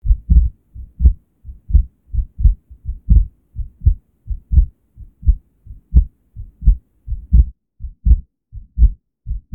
Heartbeat.